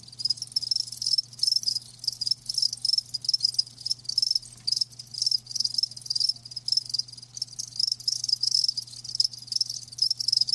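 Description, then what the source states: Cricket chorus of fast, high-pitched pulsing chirps running almost without pause, over a soft constant low hum. Live crickets chirping, a lulling song.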